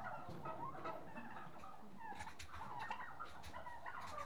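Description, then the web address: Turkeys calling and chattering continuously, several birds overlapping. Six-month-old turkeys, several birds, livestock. "BBC Sound Effects Library. Six Month Old Turkeys"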